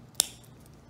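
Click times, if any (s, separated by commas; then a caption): 0.2 s. A single CR2032 coin cell, used in place of two CR2016 cells, is pressed plus side down into the battery holder of a CA 5054 CATX4 car remote key fob. A sharp, bright click sounds at 0.2 s, fading quickly over a faint low hum. The cell clicks into place and is seated in the holder.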